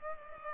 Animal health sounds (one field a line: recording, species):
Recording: mosquito wingbeat signal from an infrared sensor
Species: Culex pipiens